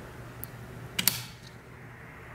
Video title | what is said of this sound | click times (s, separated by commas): Acer Aspire 3 Teardown and Ram upgrade | like so and then simply push down in the two corners you should hear it click when you push down you | 1.0 s, 1.1 s